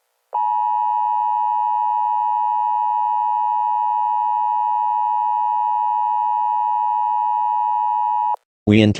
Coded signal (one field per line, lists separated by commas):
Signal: Emergency Alert System (SAME) tones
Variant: 853 and 960 Hz attention tone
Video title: EAS scenario zombies